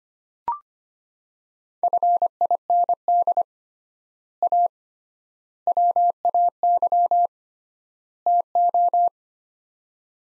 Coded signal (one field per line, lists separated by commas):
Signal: Morse code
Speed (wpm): 25 wpm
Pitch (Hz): 700 Hz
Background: none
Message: FIND A WAY TO